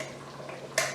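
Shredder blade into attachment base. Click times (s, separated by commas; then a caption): 0.8 s. A KitchenAid shredder attachment blade, released earlier with its lever, is put back into its plastic attachment base and snapped in. After quiet low background noise, a sharp bright click sounds at 0.8 s as the blade seats tightly in the base.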